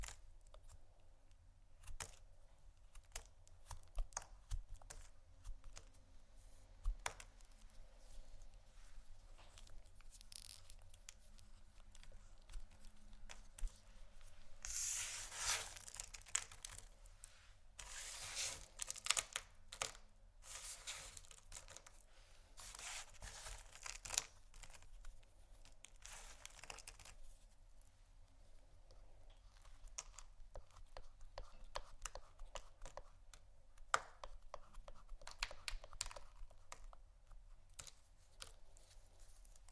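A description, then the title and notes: Dry scraping and clicking of a blade carving soap or wax, with rapid irregular ticks and small taps throughout. Longer, brighter shaving strokes come in around the middle, near fifteen to twenty-five seconds, over a steady low hum. ASMR Soap & Candle Carving （No Talking）.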